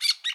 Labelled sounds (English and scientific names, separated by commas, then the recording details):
Brown-throated Parakeet (Eupsittula pertinax) contact call
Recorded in Bonaire
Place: 1 km N of power plant, rd to Republiek
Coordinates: 12.184, -68.285